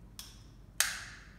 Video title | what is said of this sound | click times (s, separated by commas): How to fit a Holter ECG Monitor | the monitor you might hear a little click sound when it's closed | 0.8 s